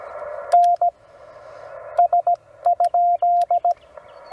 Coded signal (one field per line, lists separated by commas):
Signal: Morse code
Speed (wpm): 17 wpm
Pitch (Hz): 700 Hz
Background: none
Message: N S?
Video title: Eclipse 2024 We do a CW POTA